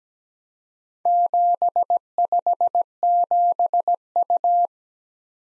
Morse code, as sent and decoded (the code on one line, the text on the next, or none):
--... ..... --... ..-
757U